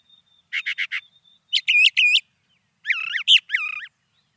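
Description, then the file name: Brown thrasher song: a quick run of four buzzy notes, then three slurred whistles, then a harsher chattering phrase, preceded by a thin steady whistle. "suara-kicauan-brown-thrasher 2-omkicau"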